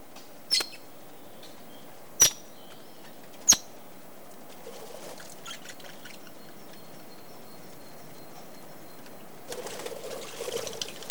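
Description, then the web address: Parrot squeaks: three piercing, clipped high calls in the first four seconds, followed by quieter rustling and a late patch of scratchy noise over a constant hum. "попугай"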